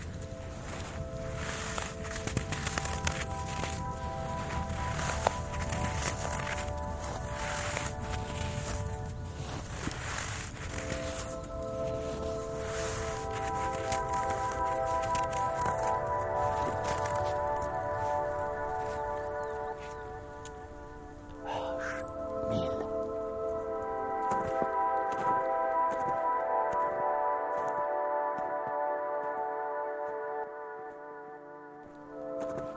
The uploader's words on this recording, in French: H1000 de Patrick Avakian propose, micro en main, une randonnée acoustique en montagne. Les sons apaisants et oniriques de la montagne. On vous a mis Pyrénées et Québec au menu, neige à volonté.